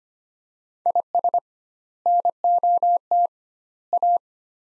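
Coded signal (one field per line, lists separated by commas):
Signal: Morse code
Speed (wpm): 25 wpm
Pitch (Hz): 700 Hz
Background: none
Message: IS NOT A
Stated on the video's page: Morse practice of three-word sets at 25 wpm with doubled word spacing, a Farnsworth-like method.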